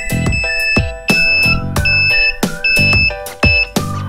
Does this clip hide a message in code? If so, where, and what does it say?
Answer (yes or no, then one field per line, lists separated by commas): no